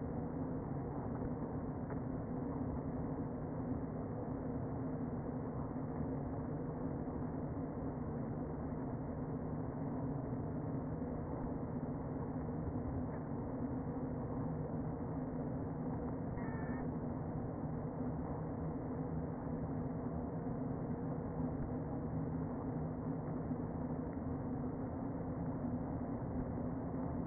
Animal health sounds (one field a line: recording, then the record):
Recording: honeybee colony, microphone inside the hive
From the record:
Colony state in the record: queen present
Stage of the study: before two queens were removed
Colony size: about 60,000 bees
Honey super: yes